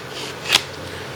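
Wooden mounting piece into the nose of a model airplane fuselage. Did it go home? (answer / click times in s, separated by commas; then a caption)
yes / 0.5 s. A wooden mounting piece is slid into place at the front of a model airplane fuselage's nose and snapped home. A single sharp click at 0.5 s stands out against a low, steady background. The piece locks in place, seated.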